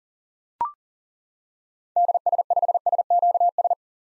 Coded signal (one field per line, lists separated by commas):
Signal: Morse code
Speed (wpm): 40 wpm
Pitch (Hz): 700 Hz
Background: none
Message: DS5SQS